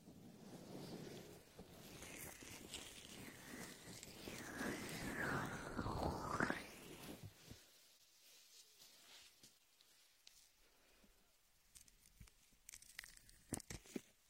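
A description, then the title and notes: Latex gloves rub and squish shaving foam in a dense, wet rustle for the first seven seconds, swelling into sliding squeaks around five to six seconds. It then drops to quiet, with sparse soft crackles and a few sharp clicks near the end. Latex ear massage with shaving foam for comfort.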